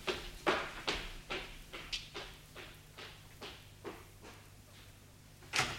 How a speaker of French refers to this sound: La porte s'ouvrit.